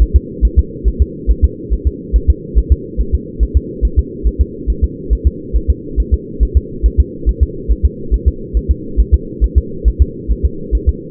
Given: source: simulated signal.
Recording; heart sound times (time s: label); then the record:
fetal heart sounds
0.02 s: S1
0.16 s: S2
0.45 s: S1
0.59 s: S2
0.88 s: S1
1.02 s: S2
1.31 s: S1
1.44 s: S2
1.73 s: S1
1.87 s: S2
2.16 s: S1
2.30 s: S2
2.58 s: S1
2.72 s: S2
3.01 s: S1
3.15 s: S2
3.43 s: S1
3.57 s: S2
3.85 s: S1
3.99 s: S2
4.27 s: S1
4.41 s: S2
4.70 s: S1
4.84 s: S2
5.13 s: S1
5.27 s: S2
5.56 s: S1
5.70 s: S2
6.00 s: S1
6.14 s: S2
6.43 s: S1
6.57 s: S2
6.86 s: S1
7.00 s: S2
7.29 s: S1
7.43 s: S2
7.71 s: S1
7.85 s: S2
8.14 s: S1
8.28 s: S2
8.57 s: S1
8.71 s: S2
9.00 s: S1
9.14 s: S2
9.44 s: S1
9.58 s: S2
9.88 s: S1
10.02 s: S2
10.32 s: S1
10.45 s: S2
10.75 s: S1
10.89 s: S2
From the record:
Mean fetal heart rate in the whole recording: 140 bpm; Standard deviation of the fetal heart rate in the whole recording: 2 bpm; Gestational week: 34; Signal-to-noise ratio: -4.3 dB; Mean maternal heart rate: 72 bpm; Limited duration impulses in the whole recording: absent